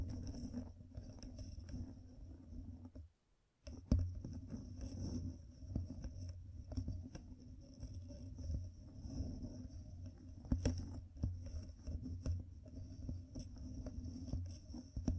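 Fingertips covered in gems tap and scratch in a dense, irregular run of small clicks and scrapes over a low rumbling hum and a thin high whine. Near three seconds everything drops to silence for about half a second, then resumes with a sharp tap.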